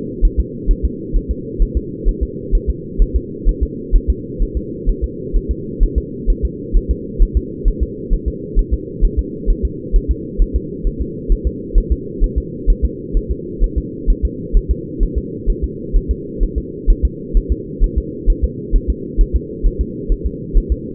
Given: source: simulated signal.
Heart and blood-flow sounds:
fetal heart sounds
0.25 s: S1
0.40 s: S2
0.71 s: S1
0.85 s: S2
1.16 s: S1
1.31 s: S2
1.62 s: S1
1.77 s: S2
2.09 s: S1
2.23 s: S2
2.55 s: S1
2.70 s: S2
3.02 s: S1
3.16 s: S2
3.49 s: S1
3.63 s: S2
3.96 s: S1
4.10 s: S2
4.42 s: S1
4.57 s: S2
4.89 s: S1
5.04 s: S2
5.36 s: S1
5.51 s: S2
5.83 s: S1
5.98 s: S2
6.30 s: S1
6.45 s: S2
6.77 s: S1
6.91 s: S2
7.22 s: S1
7.37 s: S2
7.68 s: S1
7.83 s: S2
8.14 s: S1
8.28 s: S2
8.59 s: S1
8.73 s: S2
9.05 s: S1
9.19 s: S2
9.50 s: S1
9.65 s: S2
9.96 s: S1
10.11 s: S2
10.42 s: S1
10.56 s: S2
10.87 s: S1
11.02 s: S2
11.32 s: S1
11.47 s: S2
11.78 s: S1
11.92 s: S2
12.24 s: S1
12.38 s: S2
12.70 s: S1
12.85 s: S2
13.17 s: S1
13.31 s: S2
13.64 s: S1
13.78 s: S2
14.10 s: S1
14.25 s: S2
14.57 s: S1
14.71 s: S2
15.03 s: S1
15.18 s: S2
15.50 s: S1
15.64 s: S2
15.96 s: S1
16.11 s: S2
16.43 s: S1
16.58 s: S2
16.90 s: S1
17.05 s: S2
17.37 s: S1
17.52 s: S2
17.84 s: S1
17.98 s: S2
18.30 s: S1
18.44 s: S2
18.75 s: S1
18.90 s: S2
19.21 s: S1
19.36 s: S2
19.66 s: S1
19.81 s: S2
20.12 s: S1
20.27 s: S2
20.58 s: S1
20.72 s: S2
From the record:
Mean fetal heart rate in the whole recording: 130 bpm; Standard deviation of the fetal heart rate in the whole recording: 2 bpm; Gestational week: 38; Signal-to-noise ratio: -4.1 dB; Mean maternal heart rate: no maternal heart sound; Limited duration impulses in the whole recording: absent

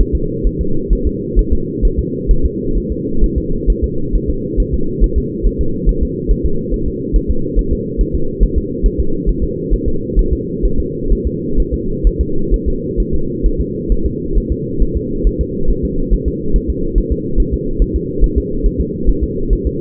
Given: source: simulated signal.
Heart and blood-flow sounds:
fetal heart sounds
0.01 s: S1
0.15 s: S2
0.47 s: S1
0.61 s: S2
0.93 s: S1
1.07 s: S2
1.39 s: S1
1.53 s: S2
1.85 s: S1
1.99 s: S2
2.31 s: S1
2.46 s: S2
2.78 s: S1
2.92 s: S2
3.24 s: S1
3.38 s: S2
3.70 s: S1
3.84 s: S2
4.15 s: S1
4.30 s: S2
4.60 s: S1
4.74 s: S2
5.04 s: S1
5.18 s: S2
5.47 s: S1
5.61 s: S2
5.89 s: S1
6.03 s: S2
6.31 s: S1
6.46 s: S2
6.74 s: S1
6.88 s: S2
7.16 s: S1
7.31 s: S2
7.59 s: S1
7.73 s: S2
8.01 s: S1
8.15 s: S2
8.44 s: S1
8.58 s: S2
8.86 s: S1
9.00 s: S2
9.29 s: S1
9.44 s: S2
9.74 s: S1
9.88 s: S2
10.19 s: S1
10.33 s: S2
10.66 s: S1
10.80 s: S2
11.12 s: S1
11.27 s: S2
11.60 s: S1
11.74 s: S2
12.07 s: S1
12.21 s: S2
12.54 s: S1
12.68 s: S2
13.00 s: S1
13.14 s: S2
13.46 s: S1
13.61 s: S2
13.92 s: S1
14.06 s: S2
14.38 s: S1
14.52 s: S2
14.82 s: S1
14.97 s: S2
15.27 s: S1
15.41 s: S2
15.71 s: S1
15.85 s: S2
16.13 s: S1
16.28 s: S2
16.56 s: S1
16.70 s: S2
16.98 s: S1
17.12 s: S2
17.40 s: S1
17.54 s: S2
17.82 s: S1
17.96 s: S2
18.24 s: S1
18.38 s: S2
18.66 s: S1
18.81 s: S2
19.09 s: S1
19.24 s: S2
19.53 s: S1
19.67 s: S2
From the record:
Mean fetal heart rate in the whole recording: 135 bpm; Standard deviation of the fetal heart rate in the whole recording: 3 bpm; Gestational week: 36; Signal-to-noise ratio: -8.1 dB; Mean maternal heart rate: 72 bpm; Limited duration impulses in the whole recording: present

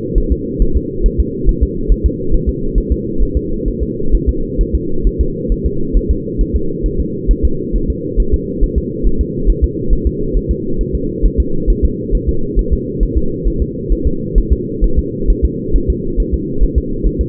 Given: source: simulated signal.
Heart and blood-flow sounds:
fetal heart sounds
0.18 s: S1
0.32 s: S2
0.62 s: S1
0.77 s: S2
1.06 s: S1
1.20 s: S2
1.49 s: S1
1.63 s: S2
1.92 s: S1
2.06 s: S2
2.34 s: S1
2.49 s: S2
2.78 s: S1
2.92 s: S2
3.23 s: S1
3.37 s: S2
3.68 s: S1
3.83 s: S2
4.15 s: S1
4.29 s: S2
4.61 s: S1
4.75 s: S2
5.07 s: S1
5.21 s: S2
5.52 s: S1
5.66 s: S2
5.97 s: S1
6.11 s: S2
6.41 s: S1
6.56 s: S2
6.86 s: S1
7.00 s: S2
7.31 s: S1
7.45 s: S2
7.76 s: S1
7.90 s: S2
8.20 s: S1
8.34 s: S2
8.64 s: S1
8.78 s: S2
9.07 s: S1
9.21 s: S2
9.50 s: S1
9.64 s: S2
9.93 s: S1
10.07 s: S2
10.37 s: S1
10.51 s: S2
10.81 s: S1
10.95 s: S2
11.26 s: S1
11.40 s: S2
11.70 s: S1
11.85 s: S2
12.15 s: S1
12.29 s: S2
12.59 s: S1
12.73 s: S2
13.03 s: S1
13.18 s: S2
13.47 s: S1
13.62 s: S2
13.93 s: S1
14.07 s: S2
14.38 s: S1
14.53 s: S2
14.84 s: S1
14.99 s: S2
15.30 s: S1
15.45 s: S2
15.76 s: S1
15.90 s: S2
16.20 s: S1
16.34 s: S2
16.64 s: S1
16.78 s: S2
17.06 s: S1
17.21 s: S2
From the record:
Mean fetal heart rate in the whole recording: 135 bpm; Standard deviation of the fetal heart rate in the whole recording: 3 bpm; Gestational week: 36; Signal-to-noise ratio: -8.1 dB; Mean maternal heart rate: 72 bpm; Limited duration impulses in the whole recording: present

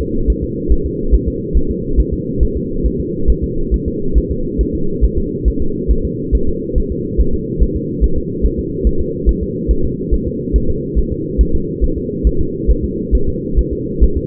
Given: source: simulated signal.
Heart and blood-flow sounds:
fetal heart sounds
0.01 s: S2
0.30 s: S1
0.44 s: S2
0.72 s: S1
0.86 s: S2
1.15 s: S1
1.28 s: S2
1.57 s: S1
1.71 s: S2
2.00 s: S1
2.13 s: S2
2.43 s: S1
2.57 s: S2
2.86 s: S1
3.00 s: S2
3.30 s: S1
3.44 s: S2
3.74 s: S1
3.88 s: S2
4.18 s: S1
4.31 s: S2
4.61 s: S1
4.75 s: S2
5.04 s: S1
5.18 s: S2
5.48 s: S1
5.62 s: S2
5.91 s: S1
6.05 s: S2
6.35 s: S1
6.49 s: S2
6.78 s: S1
6.92 s: S2
7.21 s: S1
7.34 s: S2
7.62 s: S1
7.76 s: S2
8.04 s: S1
8.18 s: S2
8.46 s: S1
8.59 s: S2
8.87 s: S1
9.01 s: S2
9.29 s: S1
9.43 s: S2
9.71 s: S1
9.85 s: S2
10.14 s: S1
10.27 s: S2
10.56 s: S1
10.70 s: S2
10.99 s: S1
11.12 s: S2
11.41 s: S1
11.55 s: S2
11.84 s: S1
11.98 s: S2
12.27 s: S1
12.41 s: S2
12.71 s: S1
12.84 s: S2
13.15 s: S1
13.29 s: S2
13.59 s: S1
13.73 s: S2
14.04 s: S1
14.17 s: S2
From the record:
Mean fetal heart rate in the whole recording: 140 bpm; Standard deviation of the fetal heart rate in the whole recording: 2 bpm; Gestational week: 34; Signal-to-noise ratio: -8.1 dB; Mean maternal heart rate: 72 bpm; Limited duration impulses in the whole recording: absent

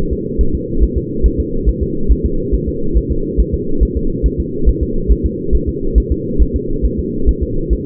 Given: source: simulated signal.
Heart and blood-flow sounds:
fetal heart sounds
0.13 s: S2
0.41 s: S1
0.55 s: S2
0.84 s: S1
0.97 s: S2
1.26 s: S1
1.40 s: S2
1.69 s: S1
1.83 s: S2
2.12 s: S1
2.26 s: S2
2.55 s: S1
2.69 s: S2
2.97 s: S1
3.12 s: S2
3.40 s: S1
3.54 s: S2
3.83 s: S1
3.97 s: S2
4.26 s: S1
4.40 s: S2
4.69 s: S1
4.83 s: S2
5.12 s: S1
5.26 s: S2
5.55 s: S1
5.69 s: S2
5.98 s: S1
6.12 s: S2
6.42 s: S1
6.56 s: S2
6.85 s: S1
7.00 s: S2
7.29 s: S1
7.43 s: S2
7.73 s: S1
From the record:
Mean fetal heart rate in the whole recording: 140 bpm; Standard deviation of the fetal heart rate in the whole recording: 2 bpm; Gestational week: 34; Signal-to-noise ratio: -8.1 dB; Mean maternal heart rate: 72 bpm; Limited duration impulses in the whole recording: absent

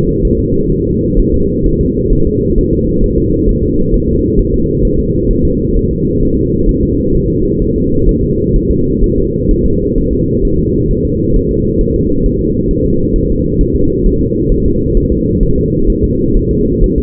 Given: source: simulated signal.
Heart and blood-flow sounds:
fetal heart sounds
0.25 s: S1
0.39 s: S2
0.72 s: S1
0.87 s: S2
1.19 s: S1
1.34 s: S2
1.66 s: S1
1.81 s: S2
2.13 s: S1
2.27 s: S2
2.58 s: S1
2.73 s: S2
3.04 s: S1
3.18 s: S2
3.49 s: S1
3.63 s: S2
3.94 s: S1
4.08 s: S2
4.39 s: S1
4.54 s: S2
4.85 s: S1
4.99 s: S2
5.31 s: S1
5.45 s: S2
5.76 s: S1
5.91 s: S2
6.22 s: S1
6.37 s: S2
6.69 s: S1
6.83 s: S2
7.15 s: S1
7.30 s: S2
7.62 s: S1
7.76 s: S2
8.09 s: S1
8.23 s: S2
8.56 s: S1
8.71 s: S2
9.04 s: S1
9.18 s: S2
9.51 s: S1
9.66 s: S2
9.98 s: S1
10.13 s: S2
10.45 s: S1
10.59 s: S2
10.91 s: S1
11.05 s: S2
11.36 s: S1
11.51 s: S2
11.81 s: S1
11.96 s: S2
12.26 s: S1
12.41 s: S2
12.71 s: S1
12.85 s: S2
13.16 s: S1
13.30 s: S2
13.61 s: S1
13.75 s: S2
14.06 s: S1
14.21 s: S2
14.52 s: S1
14.66 s: S2
14.97 s: S1
15.12 s: S2
15.43 s: S1
15.58 s: S2
15.90 s: S1
16.04 s: S2
16.36 s: S1
16.51 s: S2
16.84 s: S1
16.98 s: S2
From the record:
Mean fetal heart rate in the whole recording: 130 bpm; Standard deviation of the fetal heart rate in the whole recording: 4 bpm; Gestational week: 38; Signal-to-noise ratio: -15.3 dB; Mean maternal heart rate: 72 bpm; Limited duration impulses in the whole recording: present

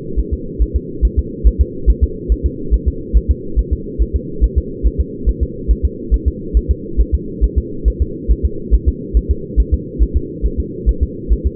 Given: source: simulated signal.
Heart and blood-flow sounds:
fetal heart sounds
0.19 s: S1
0.33 s: S2
0.62 s: S1
0.76 s: S2
1.05 s: S1
1.19 s: S2
1.47 s: S1
1.61 s: S2
1.90 s: S1
2.04 s: S2
2.32 s: S1
2.46 s: S2
2.74 s: S1
2.88 s: S2
3.17 s: S1
3.31 s: S2
3.59 s: S1
3.73 s: S2
4.02 s: S1
4.16 s: S2
4.44 s: S1
4.58 s: S2
4.86 s: S1
5.00 s: S2
5.29 s: S1
5.43 s: S2
5.71 s: S1
5.85 s: S2
6.14 s: S1
6.28 s: S2
6.57 s: S1
6.71 s: S2
7.00 s: S1
7.14 s: S2
7.44 s: S1
7.58 s: S2
7.88 s: S1
8.02 s: S2
8.31 s: S1
8.45 s: S2
8.74 s: S1
8.88 s: S2
9.17 s: S1
9.31 s: S2
9.60 s: S1
9.74 s: S2
10.03 s: S1
10.16 s: S2
10.46 s: S1
10.60 s: S2
10.89 s: S1
11.03 s: S2
11.33 s: S1
11.46 s: S2
From the record:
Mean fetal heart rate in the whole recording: 140 bpm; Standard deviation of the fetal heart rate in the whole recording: 2 bpm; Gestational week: 34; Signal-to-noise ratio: -4.3 dB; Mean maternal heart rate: 72 bpm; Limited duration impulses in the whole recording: absent

